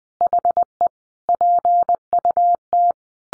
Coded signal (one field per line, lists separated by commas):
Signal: Morse code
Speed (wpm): 20 wpm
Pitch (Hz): 700 Hz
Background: none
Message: HE PUT